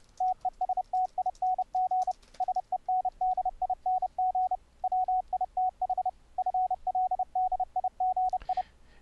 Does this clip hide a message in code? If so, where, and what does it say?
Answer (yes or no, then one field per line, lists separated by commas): yes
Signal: Morse code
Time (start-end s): 0.2-8.6 s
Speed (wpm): 30 wpm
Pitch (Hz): 740 Hz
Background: radio noise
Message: TESTING SENDING WITH FLDIGI